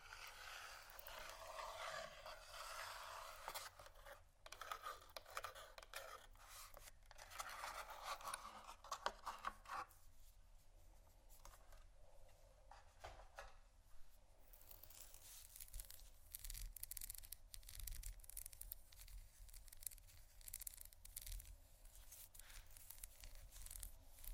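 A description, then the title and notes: Carving soap and candle wax, with continuous scraping and rubbing strokes. The first ten seconds are dense and hissy, with quick repeated scrapes. After that the strokes turn sparser and softer, with short bright scratches and a low rumble running underneath throughout. ASMR Soap & Candle Carving （No Talking）.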